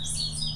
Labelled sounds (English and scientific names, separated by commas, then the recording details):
Stitchbird (Notiomystis cincta) song
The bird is a male
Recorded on Tiritiri Matangi Island, New Zealand, in 2005
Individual 17, of nest box 25